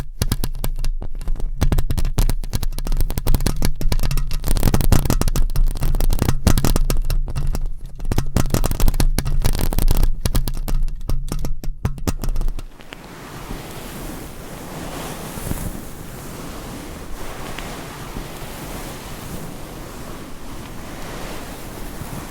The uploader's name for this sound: ASMR Mic Scratching - Brain Scratching